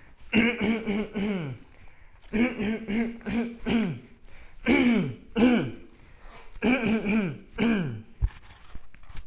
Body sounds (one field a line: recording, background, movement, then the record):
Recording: throat clearing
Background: quiet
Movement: walking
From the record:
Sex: male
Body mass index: 20.6 kg/m2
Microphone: on the chest, facing the body